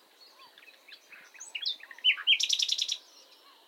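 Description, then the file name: Common nightingale phrase: quiet varied chirps rise to two sharp whistled notes, then a quick loud run of repeated pulsing notes that stops abruptly. "Luscinia megarhynchos"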